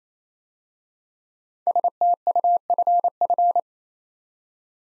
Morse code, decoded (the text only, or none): STUFF